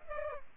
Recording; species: mosquito wingbeat signal from an infrared sensor; Culex pipiens